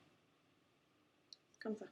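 A curling-iron barrel attachment, made for looser curls, is pushed onto the handle base of a Remington 5-in-1 hair styler, fitting on the same way as the previous barrel. It clips into place with a short, sharp click at 1.3 s, followed by a fainter tick at 1.5 s. Someone then talks briefly over a quiet background.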